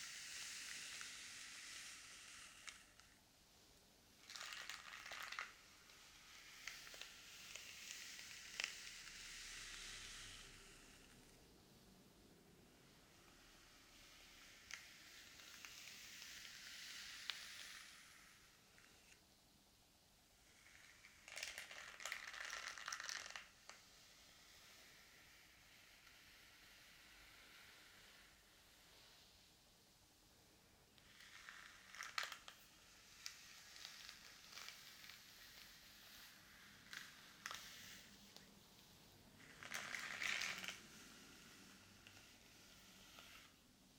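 Hair brushing and scalp massage make soft, scratchy swishing strokes that come in bright bursts every few seconds, with quieter gaps between them. Stronger passes stand out near 5, 22, 32 and 40 seconds, and a faint low hum runs underneath throughout.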